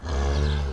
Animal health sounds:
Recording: contact call of a hoofed animal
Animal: cattle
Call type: low-frequency (closed-mouth) or high-frequency (open-mouth) call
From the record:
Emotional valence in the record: negative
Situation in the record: physical separation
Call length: 0.73 s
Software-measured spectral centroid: 2020 Hz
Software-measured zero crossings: 810 a second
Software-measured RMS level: -24 dBFS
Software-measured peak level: -14 dBFS

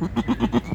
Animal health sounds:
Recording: contact call of a hoofed animal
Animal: goat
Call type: low-frequency (closed-mouth) or high-frequency (open-mouth) call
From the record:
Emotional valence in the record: negative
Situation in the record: short social isolation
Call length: 0.75 s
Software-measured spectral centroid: 1440 Hz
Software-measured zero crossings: 1060 a second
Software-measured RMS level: -23 dBFS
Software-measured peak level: -8 dBFS

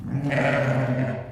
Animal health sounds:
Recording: contact call of a hoofed animal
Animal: sheep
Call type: low-frequency (closed-mouth) or high-frequency (open-mouth) call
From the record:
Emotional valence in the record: negative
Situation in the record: short social isolation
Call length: 1.32 s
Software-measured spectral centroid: 1480 Hz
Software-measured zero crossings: 1040 a second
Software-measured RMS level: -24 dBFS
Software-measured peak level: -10 dBFS

